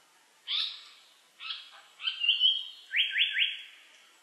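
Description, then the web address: Japanese paradise flycatcher song: two opening notes, a short phrase with a whistled note, then three quick rising notes at the end. Recorded 22 June 2003. "2003 030622 sankouchou"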